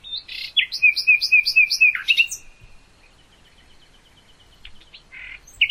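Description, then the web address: Common nightingale song: a short phrase of rapidly repeated rich notes, ending abruptly, then quiet with faint trills and a closing burst. "hoeren nachtigall"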